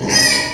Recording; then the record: squeal of a Yucatan mini pig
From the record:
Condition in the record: before surgery on the right vocal fold (resection and tissue-engineered implant); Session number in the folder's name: 2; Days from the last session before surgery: 0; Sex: male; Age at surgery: 12 weeks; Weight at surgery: 13 kg